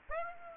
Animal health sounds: mosquito wingbeat signal from an infrared sensor; Aedes aegypti

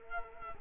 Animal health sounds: mosquito wingbeat signal from an infrared sensor; Culex quinquefasciatus

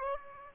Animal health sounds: mosquito wingbeat signal from an infrared sensor; Aedes aegypti

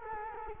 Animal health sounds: mosquito wingbeat signal from an infrared sensor; Culex quinquefasciatus

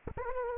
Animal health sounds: mosquito wingbeat signal from an infrared sensor; Aedes aegypti

